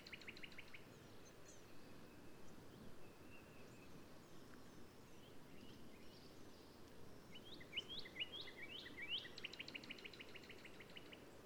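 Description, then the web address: Black-capped vireo song, dry trilled phrases opening and closing the stretch, with scattered sharp slurred notes in between and a constant low hiss. "birdsongforthecurious Black-capped Vireo"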